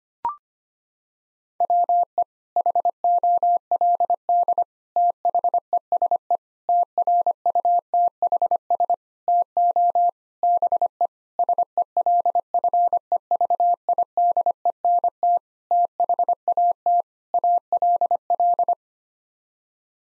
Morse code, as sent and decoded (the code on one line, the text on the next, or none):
.-- . / .... --- .-.. -.. / - .... . ... . / - .-. ..- - .... ... / - --- / -... . / ... . .-.. ..-. . ...- .. -.. . -. - / - .... .- - / .- .-.. .-..
WE HOLD THESE TRUTHS TO BE SELFEVIDENT THAT ALL